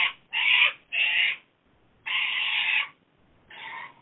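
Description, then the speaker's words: Cockatoos screeching: harsh, raspy squawks in bursts of about half a second to a second, several in a row with short silent gaps. Cockatoos flying overhead in Australia, heard in the background of a guided meditation recorded by phone. "she was calling us from Australia, and the sound you hear through the meditations are the cockatoo birds flying overhead."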